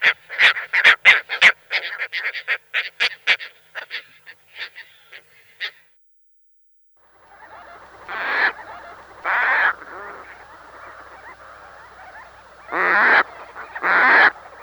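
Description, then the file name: Caspian tern giving harsh, rasping calls: a run of rapid short notes at the start, then a few calls spaced seconds apart. "CHegrava"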